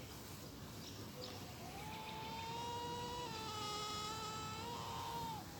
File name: Bush stone curlew